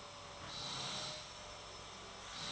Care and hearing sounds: daily activity, microphone in the room; vacuum cleaning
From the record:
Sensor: 3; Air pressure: 1000.1 hPa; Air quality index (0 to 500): 136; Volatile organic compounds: 2 ppm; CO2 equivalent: 1210 ppm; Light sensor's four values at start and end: 40/103/43/48 and 40/103/43/48

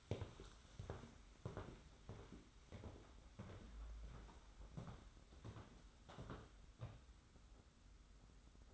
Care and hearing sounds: daily activity, microphone in the room; walk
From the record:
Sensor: 3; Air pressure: 991.6 hPa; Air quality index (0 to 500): 182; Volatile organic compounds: 1000 ppm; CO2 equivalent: 6065 ppm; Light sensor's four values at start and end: 19/56/23/21 and 39/112/45/40

